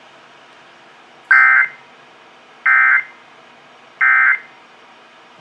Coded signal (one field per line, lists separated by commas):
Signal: Emergency Alert System (SAME) tones